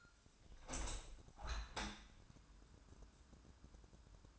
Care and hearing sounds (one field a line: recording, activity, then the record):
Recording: daily activity, microphone in the room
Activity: open window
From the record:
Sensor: 2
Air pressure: 1000.3 hPa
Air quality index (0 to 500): 163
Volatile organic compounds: 3 ppm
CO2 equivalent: 1348 ppm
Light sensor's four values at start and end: 11/30/12/13 and 12/32/12/14